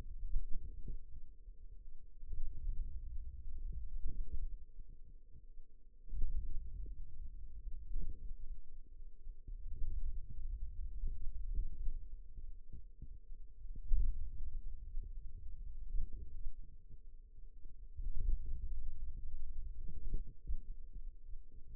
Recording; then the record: forearm muscle sounds (acoustic myography)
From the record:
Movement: hand opening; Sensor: system 2, bracelet of six BSWA MPA416 microphones around the upper forearm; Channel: 3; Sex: female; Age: 21 years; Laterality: right